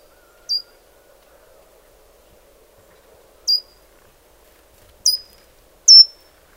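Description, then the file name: Marsh tit calls: single crisp, high, downslurred notes spaced irregularly, four in all, in otherwise quiet surroundings. "Poecile palustris"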